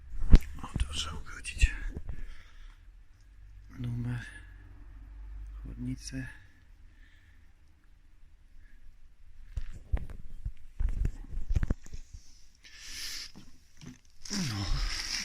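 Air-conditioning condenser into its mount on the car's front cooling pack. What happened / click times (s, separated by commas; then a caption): The part is handled but has not yet seated / none. A new aluminium air-conditioning condenser is handled while being fitted into its mount on the front cooling pack of an Opel Signum / Vectra C. Someone talks, with scattered knocks and sharp taps, and a brief hiss near the end. Nothing has seated or clicked yet.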